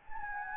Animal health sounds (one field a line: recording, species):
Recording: mosquito wingbeat signal from an infrared sensor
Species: Anopheles gambiae